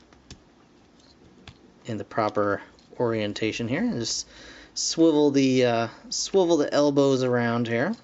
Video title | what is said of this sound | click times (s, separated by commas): LEGENDS GNAW SHARKTICON TRANSFORMERS TITANS RETURN REVIEW | and they're going to lock into place in the | 0.3 s, 1.5 s